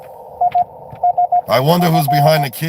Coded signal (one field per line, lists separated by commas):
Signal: Morse code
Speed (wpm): 16 wpm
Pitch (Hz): 720 Hz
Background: speech, radio noise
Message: ISF